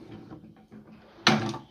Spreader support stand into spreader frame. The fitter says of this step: retombe sur lui-même et se clipse simplement dans le cadre